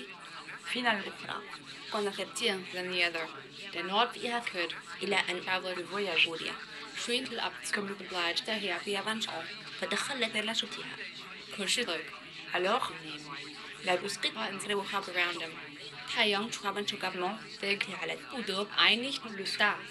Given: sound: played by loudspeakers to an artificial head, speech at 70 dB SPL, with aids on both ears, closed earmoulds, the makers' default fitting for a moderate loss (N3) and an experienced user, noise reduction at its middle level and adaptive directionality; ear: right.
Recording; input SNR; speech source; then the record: speech test signal (ISTS) in cocktail-party noise; +6 dB; in front (0 degrees)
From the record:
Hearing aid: class 1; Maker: E